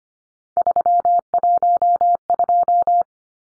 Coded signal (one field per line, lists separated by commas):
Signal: Morse code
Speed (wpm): 25 wpm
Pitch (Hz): 700 Hz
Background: none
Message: 312